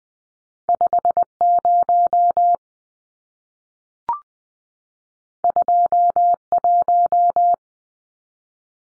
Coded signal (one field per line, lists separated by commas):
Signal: Morse code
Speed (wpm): 20 wpm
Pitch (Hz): 700 Hz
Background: none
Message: 50 21